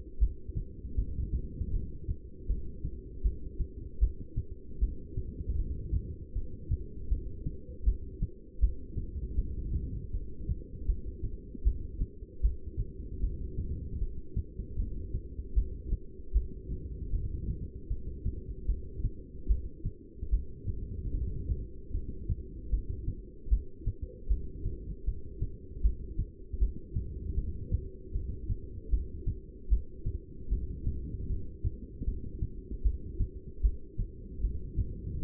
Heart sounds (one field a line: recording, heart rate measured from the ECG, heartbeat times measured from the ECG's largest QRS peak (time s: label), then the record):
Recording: heart sounds by stethoscope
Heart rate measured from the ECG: 77 bpm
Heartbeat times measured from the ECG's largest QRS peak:
0.20 s: heartbeat
0.96 s: heartbeat
1.72 s: heartbeat
2.48 s: heartbeat
3.23 s: heartbeat
4.00 s: heartbeat
4.80 s: heartbeat
5.57 s: heartbeat
6.34 s: heartbeat
7.10 s: heartbeat
7.85 s: heartbeat
8.61 s: heartbeat
9.37 s: heartbeat
10.12 s: heartbeat
10.87 s: heartbeat
11.64 s: heartbeat
12.42 s: heartbeat
13.22 s: heartbeat
14.00 s: heartbeat
14.77 s: heartbeat
15.55 s: heartbeat
16.33 s: heartbeat
17.11 s: heartbeat
17.89 s: heartbeat
18.67 s: heartbeat
19.48 s: heartbeat
20.31 s: heartbeat
21.12 s: heartbeat
21.93 s: heartbeat
22.71 s: heartbeat
23.50 s: heartbeat
24.29 s: heartbeat
25.06 s: heartbeat
25.83 s: heartbeat
26.59 s: heartbeat
27.36 s: heartbeat
28.13 s: heartbeat
28.91 s: heartbeat
29.70 s: heartbeat
30.50 s: heartbeat
31.28 s: heartbeat
32.06 s: heartbeat
32.83 s: heartbeat
33.62 s: heartbeat
34.42 s: heartbeat
35.20 s: heartbeat
From the record:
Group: heart failure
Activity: rest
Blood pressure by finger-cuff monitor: 189/128 mmHg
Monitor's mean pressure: 146 mmHg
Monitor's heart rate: 77 bpm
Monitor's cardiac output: 6.9 L/min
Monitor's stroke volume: 89 mL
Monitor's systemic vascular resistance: 1610 dyn s/cm5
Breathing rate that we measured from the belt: 16 breaths a minute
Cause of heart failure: non-ischemic cardiomyopathy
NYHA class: 1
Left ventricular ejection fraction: 62%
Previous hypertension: present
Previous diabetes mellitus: present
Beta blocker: bisoprolol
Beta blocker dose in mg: 10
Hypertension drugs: sacubitril-valsartan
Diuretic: furosemide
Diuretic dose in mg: 20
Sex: male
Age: 49 years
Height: 167 cm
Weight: 110 kg